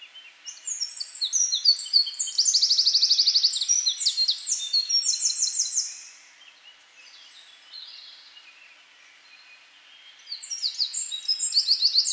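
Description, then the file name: Eurasian wren singing: a long, loud, high-pitched run of rapid trills and sharp notes, pausing for several seconds before a second burst begins. "Troglodytes troglodytes"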